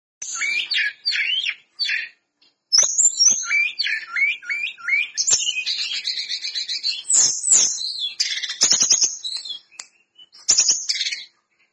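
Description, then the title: Lesser Shortwing song: a long, nearly continuous run of high twittering and warbled phrases, including a run of repeated upslurred notes, with occasional sharp clicks. Singing actively (gacor). "Burung Tledekan Gacor"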